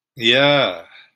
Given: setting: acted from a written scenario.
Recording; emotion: vocal sound without words; elation